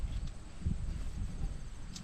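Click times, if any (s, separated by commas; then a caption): none. The worn number one spark plug wire terminal on a 1963 Pontiac Catalina is pushed into its distributor cap tower. Only low, rumbling background noise is heard, with a brief faint high tick near 2.0 s. The terminal has not snapped or clicked into place yet, because it is too worn to snap home.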